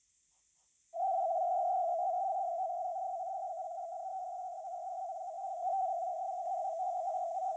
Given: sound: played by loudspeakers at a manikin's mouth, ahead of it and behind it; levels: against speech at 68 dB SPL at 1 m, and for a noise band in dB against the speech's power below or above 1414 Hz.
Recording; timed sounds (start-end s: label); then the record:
test signals for a remote microphone
0.93-5.62 s: noise band at 707 Hz, -10 dB
5.62-7.56 s: noise band at 707 Hz, -5 dB
From the record:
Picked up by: remote microphone B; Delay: 24 ms